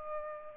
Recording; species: mosquito wingbeat signal from an infrared sensor; Aedes albopictus